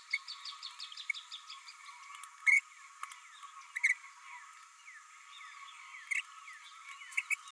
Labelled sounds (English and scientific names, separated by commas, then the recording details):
Green-rumped Parrotlet (Forpus passerinus) babbling
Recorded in a nest box in Venezuela
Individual 18B104A3